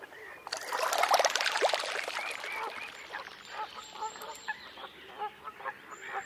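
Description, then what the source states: Little Grebe pattering across water: a burst of rapid splashing slaps, followed by a series of soft calls. Pattering across the water surface to join its mate.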